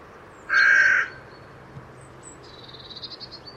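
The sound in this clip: Bird giving one harsh, buzzy caw lasting about half a second, followed by faint, thin high chirps over a low steady hum.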